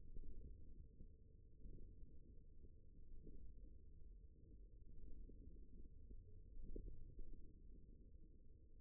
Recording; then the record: forearm muscle sounds (acoustic myography)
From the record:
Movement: ulnar deviation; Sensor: system 1, eight BSWA MPA416 microphones around the upper forearm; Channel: 4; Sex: male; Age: 54 years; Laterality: right